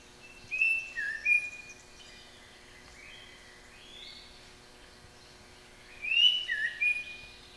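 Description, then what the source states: White-rumped shama song: clear whistled phrases of sliding notes in two bursts, one near the start and one near the end, with a quieter stretch between. Nationally champion-level bird; masteran used to train pet songbirds to sing.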